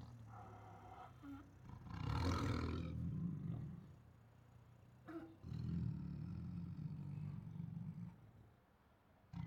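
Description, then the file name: Siberian tiger growling deeply, swelling into a loud, raspy roar, easing off, then building into another long, rolling growl. Protective growls, roars and snarls. "Siberian Tiger Protective Growls, Roars and Snarls 3 [Sound Ideas]"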